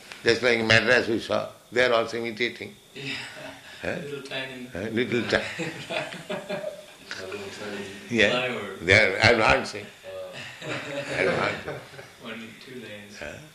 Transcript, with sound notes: Just like in Madras we saw, they are also imitating.
Little, tiny... [laughs]
Little ti... [chuckles]
A little tiny flyover.
Yes, they are advancing.
Only two lanes.